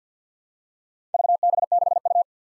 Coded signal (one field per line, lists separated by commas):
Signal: Morse code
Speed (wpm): 47 wpm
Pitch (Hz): 700 Hz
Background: none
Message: VB6U